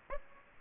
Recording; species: mosquito wingbeat signal from an infrared sensor; Aedes aegypti